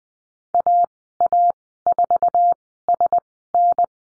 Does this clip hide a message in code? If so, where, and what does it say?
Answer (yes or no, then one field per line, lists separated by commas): yes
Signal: Morse code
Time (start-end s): 0.5-3.8 s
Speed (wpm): 20 wpm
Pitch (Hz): 700 Hz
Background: none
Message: AA4SN